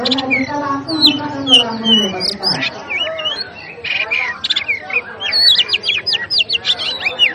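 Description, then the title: Oriental magpie-robin song mixing lower rough notes with high, rapidly repeated whistled sweeps that build into a fast series toward the end. Master recording of a magpie-robin named Hercules, aggressive fighting song ('ngotot full tembakan': persistent, full of bursts), used for training cage birds. "Suara Masteran Kacer Hercules"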